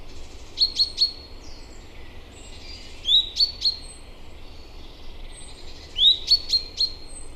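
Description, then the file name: Common chaffinch giving short bursts of three or four bright, sharp, high notes, repeated roughly every three seconds against faint constant noise. "Fringilla coelebs"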